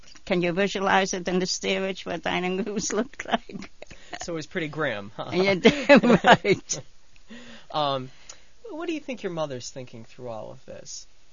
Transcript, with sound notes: Can you visualize it in the steerage what dining rooms looked like? ( she laughs )
So it was pretty grim.
You're damn right. ( they laugh )
What do you think your mother's thinking through all of this?